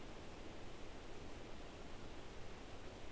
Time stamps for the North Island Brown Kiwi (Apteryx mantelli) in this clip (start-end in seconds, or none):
none